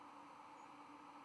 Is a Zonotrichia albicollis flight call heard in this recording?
no